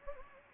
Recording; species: mosquito wingbeat signal from an infrared sensor; Anopheles gambiae